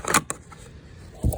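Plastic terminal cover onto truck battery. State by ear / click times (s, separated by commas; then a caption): seated / 0.3 s. A plastic terminal cover is lined up and pressed down onto a 2015 Duramax truck battery during a battery change. It snaps into place with a sharp click at 0.3 s, after some brief rustling. A low thump follows near the end, and the cover is seated.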